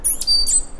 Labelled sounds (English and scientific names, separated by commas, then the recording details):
Stitchbird (Notiomystis cincta) song
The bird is a male
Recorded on Tiritiri Matangi Island, New Zealand, in 2005
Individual 1, of nest box 1